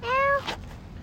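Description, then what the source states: Domestic cat's single short meow, steady and slightly rising, followed by a brief soft noise and quiet background. Domestic cat recorded during feeding, on August 6 and 8, 2023.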